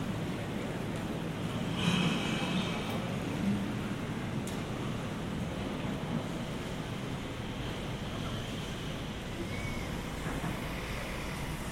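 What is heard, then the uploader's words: A steady outdoor city wash, dense and constant, like traffic or rushing water, heavy in the low and middle range. Around two seconds a brighter hiss swells briefly, and a few faint clicks and a short whistle-like tone surface later. Generative soundscape based on a two-dimensional random walk between four binaural soundscapes recorded at different locations in Geneva.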